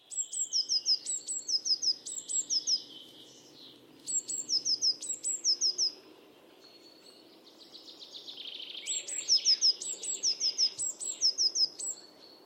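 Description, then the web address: Bird repeating bursts of high, thin, down-slurred notes, with a softer buzzy rattle between runs. "cianscape birddata Deverinetal 2025 Bird Only"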